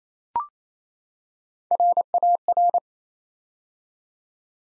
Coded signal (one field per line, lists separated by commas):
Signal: Morse code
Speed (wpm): 29 wpm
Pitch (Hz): 700 Hz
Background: none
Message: RAR